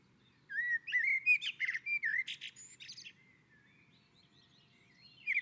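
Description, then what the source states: Common blackbird giving one long warbled phrase mixing mellow notes and high twittering, followed by quieter soft notes. On a roof.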